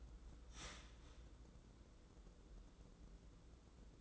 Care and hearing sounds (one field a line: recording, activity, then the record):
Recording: daily activity, microphone in the room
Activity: start toaster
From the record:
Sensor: 3